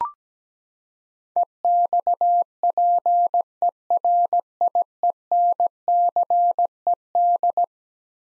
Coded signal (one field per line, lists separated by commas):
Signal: Morse code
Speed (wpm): 17 wpm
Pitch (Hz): 700 Hz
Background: none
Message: EXPERIENCED